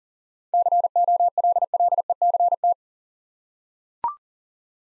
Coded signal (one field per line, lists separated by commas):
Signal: Morse code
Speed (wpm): 38 wpm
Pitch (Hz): 700 Hz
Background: none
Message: COLLECT